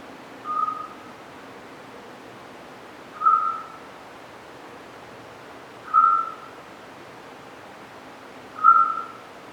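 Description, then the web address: Eurasian scops owl calling with four evenly spaced, clear whistled toots, each short and steady in pitch, about two and a half seconds apart. "Autillo europeo"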